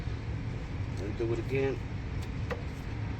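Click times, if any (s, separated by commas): 2.5 s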